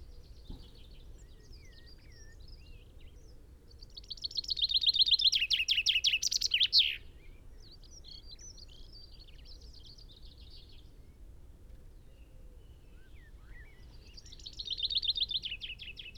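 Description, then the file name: Common chaffinch singing two loud, fast phrases about ten seconds apart, the first descending and ending in a flourish, with softer bird chirps between and low background noise. "Fringilla coelebs"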